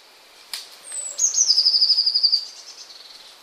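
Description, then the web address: Eurasian blue tit singing one phrase: a high thin introductory note, then a fast, even trill of bright notes, fading out. "wroblowe kolekcja modraszka"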